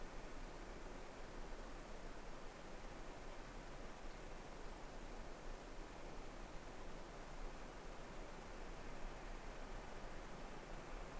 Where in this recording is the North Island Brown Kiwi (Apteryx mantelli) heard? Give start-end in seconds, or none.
none